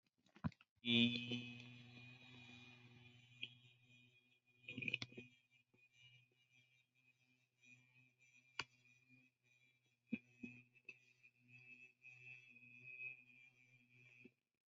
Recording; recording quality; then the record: sustained vowel as in beet; excellent, no background noise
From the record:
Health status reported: recovered from COVID-19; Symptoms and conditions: fever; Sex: male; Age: 27 years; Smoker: not ticked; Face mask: not worn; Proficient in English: yes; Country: India